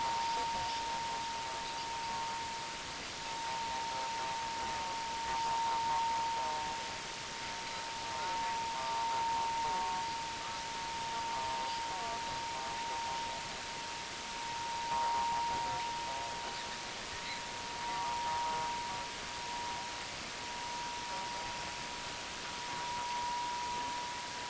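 Radio static hisses steadily throughout, a dense bright wash with faint crackling texture. A thin, pure tone sits just under the middle of the range for the whole recording, wavering slightly and swelling a little around the middle and end. Loudness stays nearly constant.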